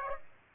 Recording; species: mosquito wingbeat signal from an infrared sensor; Aedes aegypti